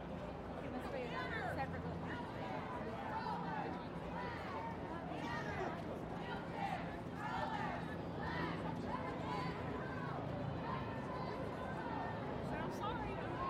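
A crowd at a women's march, full of many overlapping voices talking at once, dense. The babble holds steady for the whole stretch without any single chant or shout rising above it, and there is a low outdoor rumble underneath.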